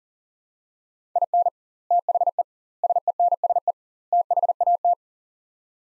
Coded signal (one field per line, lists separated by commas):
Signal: Morse code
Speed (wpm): 40 wpm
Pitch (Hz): 700 Hz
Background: none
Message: IN THE SENSE THAT